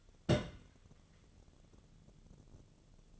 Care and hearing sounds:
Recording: daily activity, microphone in the room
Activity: place on stove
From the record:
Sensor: 4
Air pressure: 1008.9 hPa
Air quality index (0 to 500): 139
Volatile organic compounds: 2 ppm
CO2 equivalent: 1005 ppm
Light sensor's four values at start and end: 11/26/10/9 and 11/26/10/9

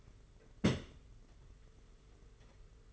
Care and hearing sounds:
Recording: daily activity, microphone in the room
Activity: place on stove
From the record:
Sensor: 4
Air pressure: 991.7 hPa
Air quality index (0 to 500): 86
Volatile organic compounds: 7 ppm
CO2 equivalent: 1961 ppm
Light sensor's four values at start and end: 22/75/27/29 and 22/75/27/29

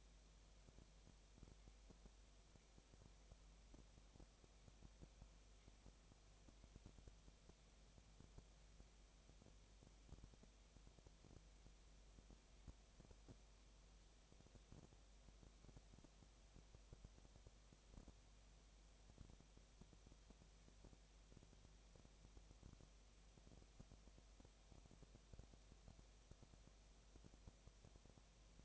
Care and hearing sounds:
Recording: daily activity, microphone in the room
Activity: no activity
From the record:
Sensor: 1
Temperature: 19.8 degrees Celsius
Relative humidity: 37.9%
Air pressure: 998.8 hPa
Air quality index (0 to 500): 233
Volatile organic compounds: 134 ppm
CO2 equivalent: 3948 ppm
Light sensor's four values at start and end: 1/2/1/1 and 1/2/1/1

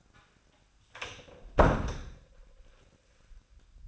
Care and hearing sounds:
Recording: daily activity, microphone in the room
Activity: close door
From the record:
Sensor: 2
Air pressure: 1009.1 hPa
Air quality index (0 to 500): 190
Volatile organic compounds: 3 ppm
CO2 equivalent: 1375 ppm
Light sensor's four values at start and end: 29/78/33/35 and 29/78/33/35

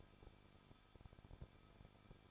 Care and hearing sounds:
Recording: daily activity, microphone in the room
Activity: no activity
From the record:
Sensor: 5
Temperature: 20.8 degrees Celsius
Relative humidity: 38.5%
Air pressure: 1006.5 hPa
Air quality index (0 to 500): 191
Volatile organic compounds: 20 ppm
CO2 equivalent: 2701 ppm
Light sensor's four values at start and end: 2/3/1/1 and 2/3/1/1

